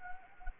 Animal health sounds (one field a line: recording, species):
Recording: mosquito wingbeat signal from an infrared sensor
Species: Anopheles gambiae